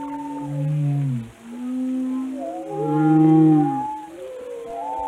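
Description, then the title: Whale calls, low droning moans with wavering upper whistles, one louder swell in the middle with bright overtones. "Whale Watching: A Close Encounter with the Giants of the Sea"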